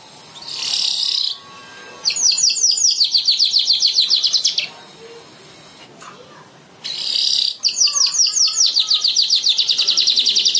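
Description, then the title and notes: Bird song in shrill, high bursts of rapidly repeated chattering notes, in long runs separated by quieter gaps. "Bird Sound. Kicau Burung Lengkap"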